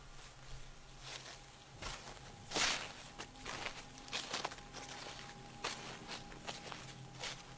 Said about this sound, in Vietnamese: Tiếng bước chân người lẫn trong tiếng mưa dẫm lên cát sỏi.